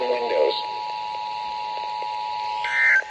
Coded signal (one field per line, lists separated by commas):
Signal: Emergency Alert System (SAME) tones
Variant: 853 and 960 Hz attention tone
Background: speech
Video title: March Madness II… EAS Alerts from 3/15/22 and 3/16/22 | EAS #469 - #507